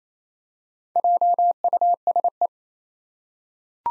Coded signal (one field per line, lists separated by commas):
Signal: Morse code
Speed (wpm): 29 wpm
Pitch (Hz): 700 Hz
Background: none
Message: JUSE